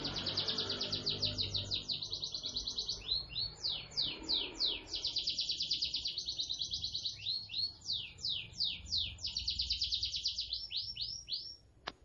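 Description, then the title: Canary singing long fast trills alternating with sweeping downslurred notes, over a faint low rumble. Cengkok song style, the style sought by contest judges. "Cengkok kenari mewah yang di cari juri"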